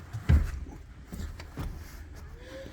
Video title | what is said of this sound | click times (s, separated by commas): How to Upgrade Rear Speakers on Ford Maverick Truck! | let that lock into place so the first panel that's got to come out is this one right here | 0.3 s